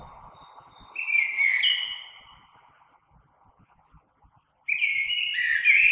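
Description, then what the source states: Common blackbird song: a warbled phrase followed by high thin whistled notes, then after a short silence a second fluting phrase begins. Recorded 3 March 2020.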